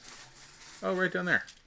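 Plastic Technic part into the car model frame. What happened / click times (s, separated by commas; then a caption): The plastic part is being handled but has not clicked into place / none. A plastic Technic part is bent down and pushed into position on the frame of a Lego Dodge Charger (42111) car model. There is faint handling noise, then someone talks. Nothing has seated or clicked yet.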